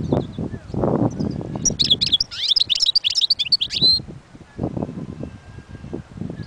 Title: اجمل غناءالحسون الخلويchant chardonneret sauvage